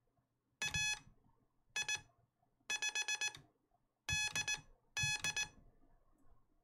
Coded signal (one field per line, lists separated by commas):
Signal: Morse code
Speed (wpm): 18 wpm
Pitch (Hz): 2550 Hz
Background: none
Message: AI5DD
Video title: I Learned CW! (well not really, but I am trying) | Learning Morse Code!